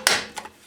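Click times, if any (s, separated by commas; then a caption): 0.1 s. A new rubber primer bulb is pushed into its mounting hole on a Craftsman snowblower engine housing and seats with a sharp, loud snap at 0.1 s. Two fainter knocks follow at about 0.4 s and 0.7 s.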